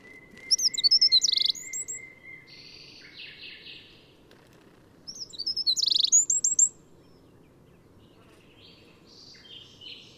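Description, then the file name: Eurasian wren singing two short bursts of shrill, fast trills and zigzag notes, separated by a pause, with a thin steady whistle and buzzy notes in the background. "Troglodytes troglodytes"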